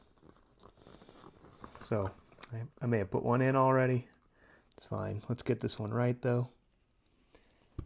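A plastic mounting clip from a Stern Pinball Expression speaker lighting kit is being handled at the speaker panel while someone talks. Soft, brief plastic ticks and scratches come through between the words. The clip has not yet been pressed into its hole, and nothing has seated or clicked yet.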